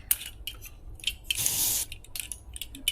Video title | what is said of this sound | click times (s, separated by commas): Tips Memilih Kompor Kemping dari Fire Maple | dah Udah nih udah terkunci tinggal | 2.9 s